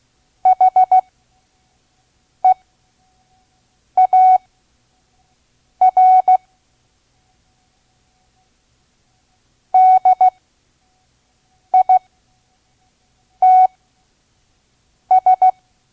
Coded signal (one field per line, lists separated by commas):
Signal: Morse code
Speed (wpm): 16 wpm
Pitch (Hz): 740 Hz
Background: none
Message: HEAR DITS